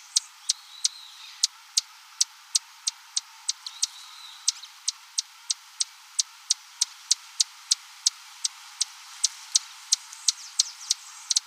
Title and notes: Áudio do pio do beija-flor-tesoura . Fonte: WikiAves.